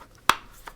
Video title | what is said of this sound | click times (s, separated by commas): Shoulderpod G2 unboxing - #GearTest | Of course, you can lock it in there. Little click there once you've got your phone mounted. | 0.3 s